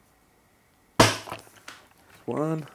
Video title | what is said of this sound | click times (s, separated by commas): CUSTOMIZING MY RIDGID PORTABLE VAC SHOP VAC TO MATCH MY CUSTOM GARAGE | straight in there until they click | 1.0 s